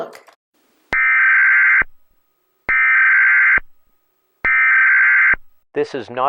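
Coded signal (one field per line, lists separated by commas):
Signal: Emergency Alert System (SAME) tones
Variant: header bursts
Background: speech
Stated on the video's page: Fictional EAS scenario using valid EAS tones.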